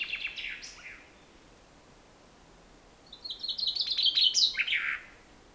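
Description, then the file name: Common chaffinch song: the tail of one phrase, a quiet pause, then a full phrase of rapid chips ending in a descending flourish. "Fringilla coelebs"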